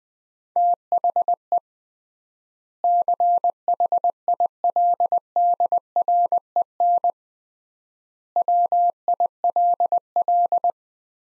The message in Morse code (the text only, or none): THE CHILDREN WILL